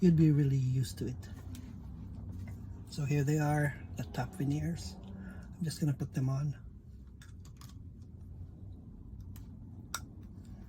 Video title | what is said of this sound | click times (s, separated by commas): Missing teeth? The affordable solution is instasmile clip-in veneers! | and you hear an audible click | 10.0 s